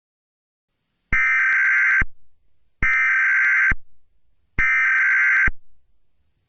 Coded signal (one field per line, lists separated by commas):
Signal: Emergency Alert System (SAME) tones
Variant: header bursts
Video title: EAS Mock: Generic Texas Tornado (Remaster)